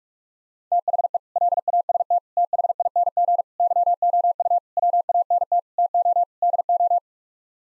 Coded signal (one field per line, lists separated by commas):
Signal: Morse code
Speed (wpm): 46 wpm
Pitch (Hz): 700 Hz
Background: none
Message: THE LAST THING YOU WANT TO DO